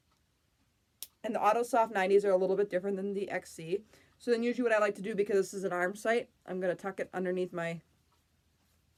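A Tandem t:slim X2 pump tubing connector is clicked back onto a plastic AutoSoft 90 infusion site worn on the arm, with a sharp click at 1.0 s. Someone then talks. The connector seats onto the site.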